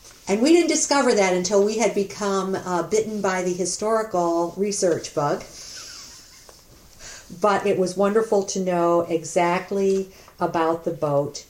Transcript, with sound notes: We didn't discover that until we had become bitten by the historical research bug [laughter] but it was wonderful to know exactly about the boat.